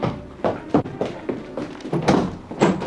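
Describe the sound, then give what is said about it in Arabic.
A door is opened for an arriving nanny, with a series of clunks and rattling knocks from the handle and latch, uneven in rhythm and fairly loud, with no voices. “لما افتح الباب.”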